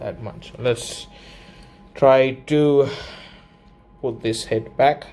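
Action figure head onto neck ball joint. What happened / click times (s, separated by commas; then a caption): A small plastic part is handled but has not clicked into place yet / none. Someone talks while handling the removed plastic head of a 6-inch action figure, getting ready to push it back onto its neck peg and ball joint. Only speech is heard, and nothing has seated or clicked yet.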